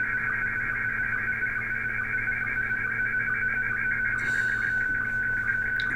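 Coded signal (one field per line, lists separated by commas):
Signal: SSTV (slow-scan television)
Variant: Scottie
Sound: warbling tones between about 1.2 and 2.3 kHz with rapid regular rhythmic pulsing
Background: radio static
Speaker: Évidemment, il balance ça en Scotti, hein. Donc ça va mettre 2h.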